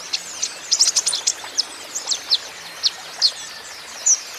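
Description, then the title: Van Hasselt's sunbird song with sharp, very high chips and short trills, clustered early and then more widely and unevenly spaced, over background hiss. Caged young green-plumaged (konin ijoan) kolibri ninja in energetic (gacor) song; used as a lure and for training so untrained konin birds answer. "KOLIBRI NINJA KONIN IJOAN GACOR COCOK UNTUK PANCINGAN TERAPI KONIN BAHAN PASTI NYAUT"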